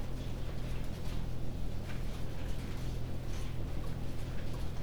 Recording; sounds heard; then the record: poultry house recording; no chicken sound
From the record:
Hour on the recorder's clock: 20